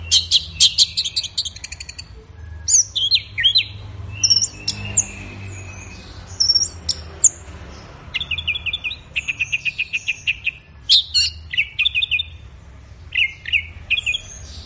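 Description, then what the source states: Orange-headed thrush song: long varied sequence of rapid stuttered trills, swooping whistles and repeated clipped notes in runs, with short pauses between phrases. Orange-headed thrush in full song (gacor teler), offered as a training recording for songbirds; part of an offline thrush-sound collection.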